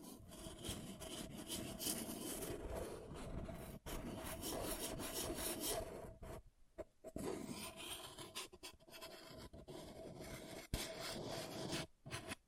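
Scratching of an object against a rough surface, a dense grinding rasp with a woody, sawing quality that runs almost continuously. Short silent breaks interrupt it around the fourth, sixth to seventh, and twelfth seconds, and the strokes vary slightly in pressure and brightness.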